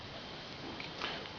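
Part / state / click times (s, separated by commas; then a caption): torque wrench on a cylinder head bolt of a motorcycle engine / not seated / none. A torque wrench turns a cylinder head bolt a further quarter turn on a motorcycle engine top-end rebuild, heard as a steady low hiss with a brief faint sound near 0.8 s and some scraping around 1.0 s. The wrench never clicks before the quarter-turn limit is reached, so nothing has clicked.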